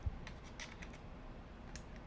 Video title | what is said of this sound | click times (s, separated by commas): Tool Haul! Matco, Gloves, and Must-Have Suspension Tools! | You hear that click? So you know it's in there. | 1.8 s